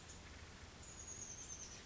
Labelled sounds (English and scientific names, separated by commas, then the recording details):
Chestnut-backed Chickadee (Poecile rufescens)
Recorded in Sonoma County, California